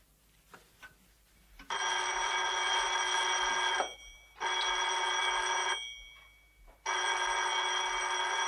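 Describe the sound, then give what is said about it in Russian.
A telephone bell rings in three long, loud bursts with short silent gaps between them, a bright, rattling jangle. A few faint clicks come before the first ring, and no one speaks. “Едва передвигая ногами, к телефону идет старушка.”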